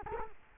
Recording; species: mosquito wingbeat signal from an infrared sensor; Culex quinquefasciatus